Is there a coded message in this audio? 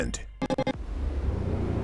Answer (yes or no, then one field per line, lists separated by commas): no